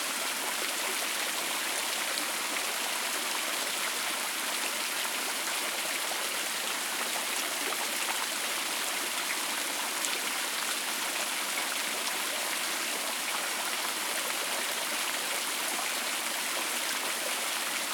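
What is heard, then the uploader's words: A fountain sprays and splashes in a steady, dense hiss of falling water that holds the same level for the whole stretch. The sound is bright, full of fine spattering with little low rumble, and nothing else breaks through it. Fountain Spray on a Summer Day.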